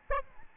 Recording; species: mosquito wingbeat signal from an infrared sensor; Aedes albopictus